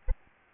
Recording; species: mosquito wingbeat signal from an infrared sensor; Aedes albopictus